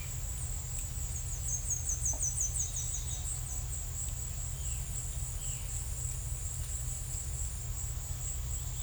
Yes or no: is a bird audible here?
yes